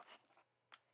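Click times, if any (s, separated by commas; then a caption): none. A photographic light head is handled against the mount of its battery handle, making a brief burst of scraping handling noise at the start and a short, sharp tick near 0.7 s. The light head has not seated or clicked into the battery handle yet.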